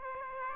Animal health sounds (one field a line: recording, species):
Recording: mosquito wingbeat signal from an infrared sensor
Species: Aedes aegypti